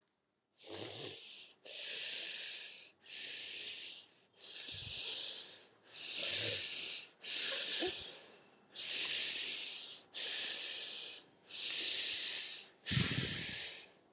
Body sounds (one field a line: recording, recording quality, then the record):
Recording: deep breathing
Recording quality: excellent, no background noise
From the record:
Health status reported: recovered from COVID-19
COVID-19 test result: positive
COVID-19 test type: RT-PCR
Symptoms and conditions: cough, cold, fatigue, loss of smell and taste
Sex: female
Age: 19 years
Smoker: no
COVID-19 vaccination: both doses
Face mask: worn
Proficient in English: yes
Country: India